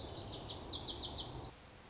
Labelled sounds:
Lazuli Bunting (Passerina amoena)
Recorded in Sonoma County, California

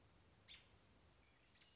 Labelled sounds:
American Robin (Turdus migratorius)
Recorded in Sonoma County, California

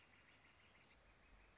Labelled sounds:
Northern Flicker (Colaptes auratus)
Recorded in Sonoma County, California

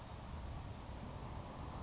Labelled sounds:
California Towhee (Melozone crissalis)
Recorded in Sonoma County, California

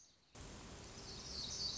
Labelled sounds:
Black-throated Gray Warbler (Setophaga nigrescens)
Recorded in Sonoma County, California

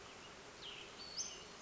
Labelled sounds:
Cassin's Vireo (Vireo cassinii)
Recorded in Sonoma County, California

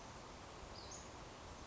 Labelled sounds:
Western Flycatcher (Empidonax difficilis)
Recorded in Sonoma County, California

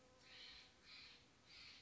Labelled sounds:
Steller's Jay (Cyanocitta stelleri)
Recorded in Sonoma County, California

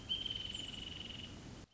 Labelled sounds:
Wrentit (Chamaea fasciata)
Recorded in Sonoma County, California

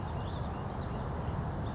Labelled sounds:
Western Flycatcher (Empidonax difficilis)
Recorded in Sonoma County, California

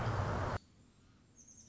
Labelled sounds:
American Robin (Turdus migratorius)
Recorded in Sonoma County, California

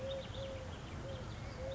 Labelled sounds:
Eurasian Collared Dove (Streptopelia decaocto)
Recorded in Sonoma County, California

